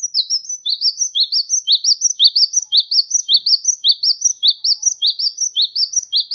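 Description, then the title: Sunbird song: an unbroken, rhythmic chain of high chirps, nearly three per second, throughout. "kicau kolibri"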